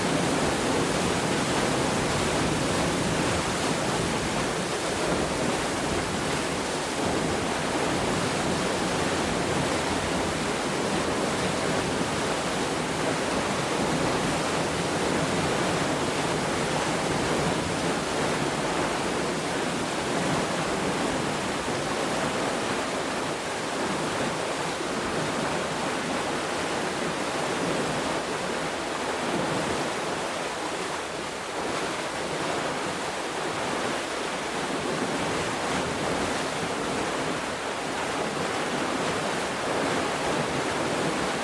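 Water rushes steadily through a canal lock as a narrowboat passes through, a dense, hissing roar that fills the whole clip at an even level. The sound is bright, with only faint low rumbling beneath and no distinct events standing out.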